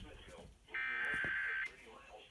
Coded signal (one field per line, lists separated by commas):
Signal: Emergency Alert System (SAME) tones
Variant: header bursts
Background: speech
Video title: EAS Severe Thunderstorm Warning EAS#116-118